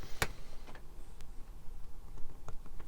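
A plastic ball joint from a Hachette 1:2 scale Terminator model (Issue 68) is pushed down firmly into the plastic socket of the foot. A sharp, loud snap at 0.2 s is followed by fainter ticks around 0.8, 1.2 and 2.5 s. The ball joint has popped into its socket and is seated, with a give felt on the last bit.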